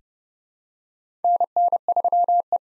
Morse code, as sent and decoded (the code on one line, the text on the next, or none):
-. -. ...-- .
NN3E